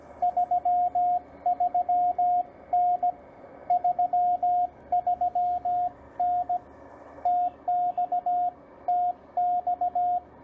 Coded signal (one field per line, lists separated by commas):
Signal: Morse code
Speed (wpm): 17 wpm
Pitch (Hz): 690 Hz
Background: radio noise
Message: 33N 33N TX TX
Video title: CW POTA, Follow along with me.